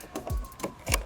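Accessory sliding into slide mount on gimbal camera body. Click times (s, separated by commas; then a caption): 0.9 s. An accessory slides into the slide mount on a DJI Ronin 4D gimbal camera body, which was first checked to be unlocked, with a few soft scraping knocks under music as it goes in. A sharp final click at 0.9 s marks the mount locking into place.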